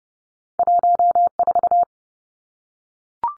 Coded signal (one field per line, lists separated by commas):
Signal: Morse code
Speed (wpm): 30 wpm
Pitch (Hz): 700 Hz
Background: none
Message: 14